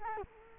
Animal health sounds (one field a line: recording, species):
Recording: mosquito wingbeat signal from an infrared sensor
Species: Culex quinquefasciatus